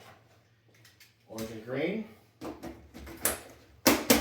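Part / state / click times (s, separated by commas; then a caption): color-coded twist-lock part onto the 3D printer filament feed assembly / seated / 3.9 s. Someone talks while twisting a color-coded orange and green plastic twist-lock part onto the filament feed assembly of a Bambu A1 Combo 3D printer. After a few soft knocks, a sharp, loud snap at 3.9 s marks the part seating in place, followed by another hit just after.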